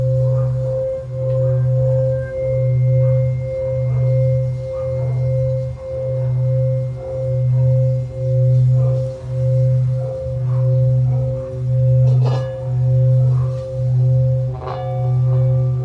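A Tibetan singing bowl hums a deep, sustained tone with a clear higher ring above it. The sound wobbles in steady, even pulses, roughly once a second, throughout. A few faint taps or clicks surface, most noticeably around twelve and fifteen seconds.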